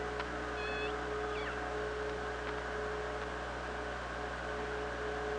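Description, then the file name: Killer whale calls early on, two brief harmonic squeals that bend, with a few scattered clicks, all over constant underwater hiss and low hum. Recorded on the OrcaLab hydrophone, 24 August 2017, 16:26. "Orca Lab UTLN JASON 20170824 162605"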